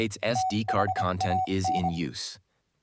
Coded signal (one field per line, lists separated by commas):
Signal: Morse code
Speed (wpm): 24 wpm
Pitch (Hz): 750 Hz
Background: speech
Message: THAN